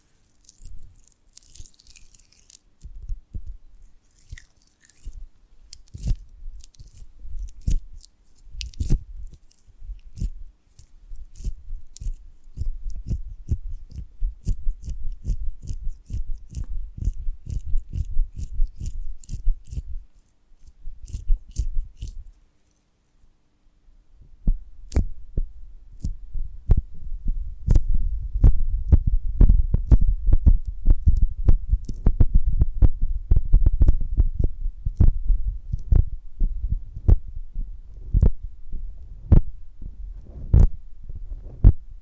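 Honeycomb on a branch being handled, producing dense, irregular crackling and sticky snapping clicks with a low thumping undertone. The clicks come in quick clusters, pause briefly around twenty and twenty-four seconds, then return thicker and louder through the end.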